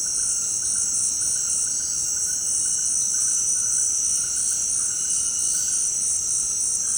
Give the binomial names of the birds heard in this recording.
none